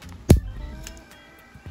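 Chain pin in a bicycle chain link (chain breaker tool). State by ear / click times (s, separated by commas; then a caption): released / 0.3 s. A chain breaker tool pushes a pin out of a steel link on the MTB chain of a Trinx Striker K026. The pin gives with a sharp, loud click at 0.3 s, followed by faint ticks near 0.9 s and a low hum. The pin is released from the link.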